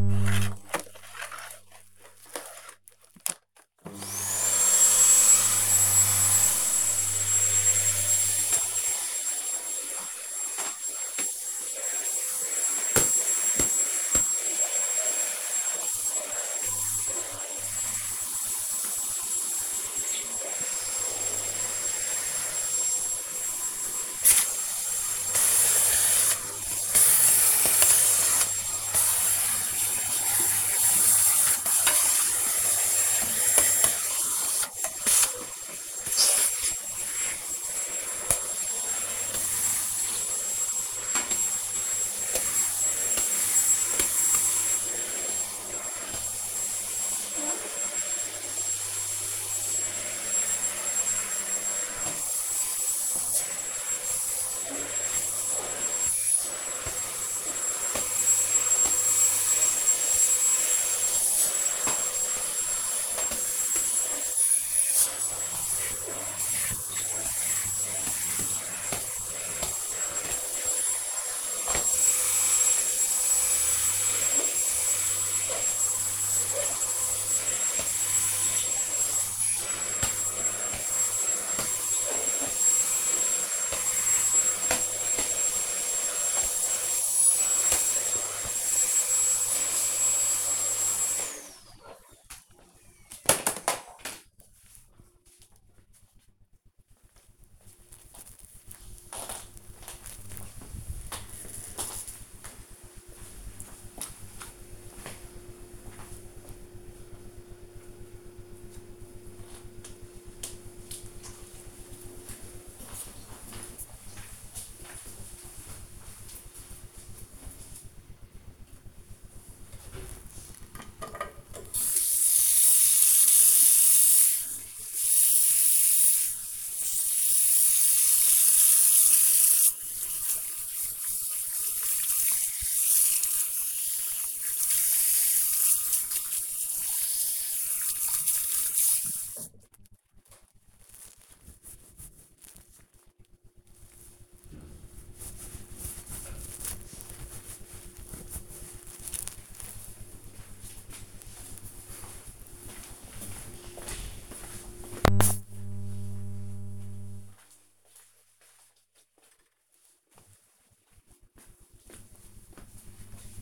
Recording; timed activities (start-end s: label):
household activities, microphone on the right wrist
0.00-92.03 s: vacuum cleaning
119.23-139.40 s: washing hands